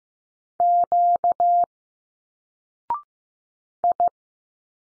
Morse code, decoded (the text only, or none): Q I